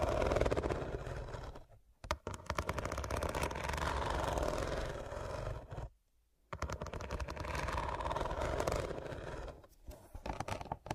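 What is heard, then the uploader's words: Dense, rough scratching sweeps back and forth in long strokes, pausing briefly near two and six seconds, gritty throughout. Pure Scratching.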